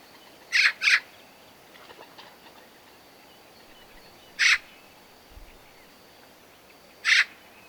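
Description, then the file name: Eurasian magpie producing a harsh doubled chack, followed by two single rasping notes a few seconds apart. "Pica pica"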